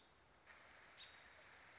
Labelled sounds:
American Robin
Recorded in Sonoma County, California

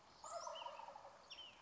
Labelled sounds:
Wild Turkey
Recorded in Sonoma County, California

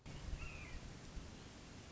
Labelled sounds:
Red-shouldered Hawk
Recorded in Sonoma County, California

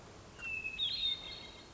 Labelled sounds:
Hermit Thrush
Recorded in Sonoma County, California

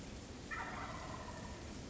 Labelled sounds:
Wild Turkey
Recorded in Sonoma County, California

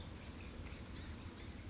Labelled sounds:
Blue-gray Gnatcatcher
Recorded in Sonoma County, California

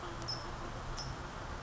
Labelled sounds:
California Towhee
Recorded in Sonoma County, California

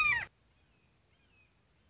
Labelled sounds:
Red-shouldered Hawk
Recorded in Sonoma County, California

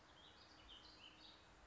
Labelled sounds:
Warbling Vireo
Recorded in Sonoma County, California

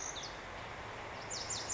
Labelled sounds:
Lazuli Bunting
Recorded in Sonoma County, California

